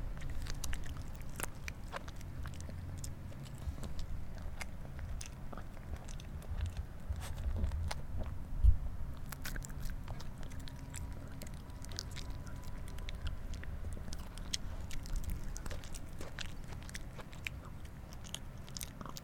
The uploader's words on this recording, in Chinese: 玩具貴賓。吃播。